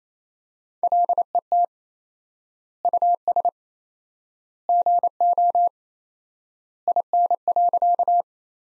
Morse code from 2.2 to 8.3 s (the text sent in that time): US GO IN.